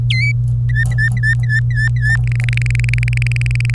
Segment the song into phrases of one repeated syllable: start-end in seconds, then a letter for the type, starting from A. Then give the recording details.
0.10-0.32 A, 0.69-2.17 B, 2.24-3.75 C. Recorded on 25 April 2018 at 17:06. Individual llb3